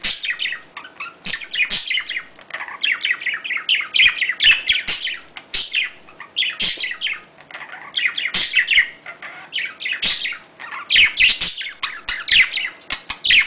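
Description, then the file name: Budgerigar chatter: rapid, continuous twittering and warbled chirps with sharp clicks and squeaks, high-pitched and busy throughout, with a steady faint hum underneath. "Budgie Sounds"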